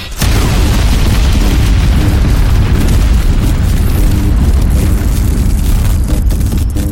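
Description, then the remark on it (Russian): A massive energy blast, a charged shot fired by a giant machine, erupts suddenly and roars on without pause, a dense, heavy rumble thick with deep bass and crackling hiss across the whole range, loud and sustained for several seconds. “После чего раздался выстрел.”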